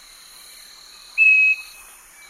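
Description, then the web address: Southern nightingale-wren giving one level, pure whistle amid a constant insect buzz. Recorded in the Eastern Lowlands of South America. "Natures Songs S America Eastern Lowlands 488 Southern Nightingale-Wren"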